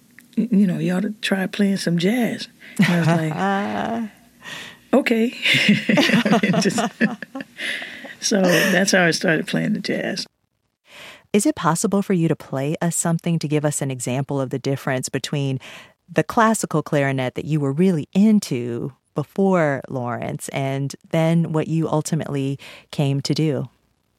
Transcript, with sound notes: You know, you ought to try playing some jazz.
(Laughter).
And I was like, OK. And just...
(LAUGHTER)
...So that's how I started playing the jazz.
Is it possible for you to play us something to give us an example of the difference between the classical clarinet that you were really into before Lawrence and then what you ultimately came to do?